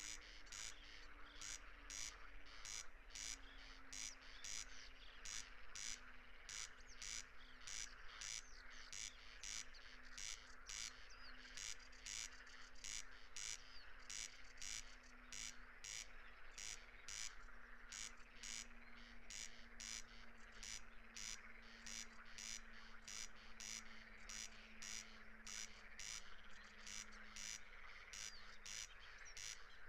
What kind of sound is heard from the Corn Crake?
song